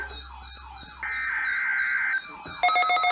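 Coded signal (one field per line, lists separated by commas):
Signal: Emergency Alert System (SAME) tones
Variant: header bursts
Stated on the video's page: Required Weekly Tests received from three NOAA Weather Radio stations.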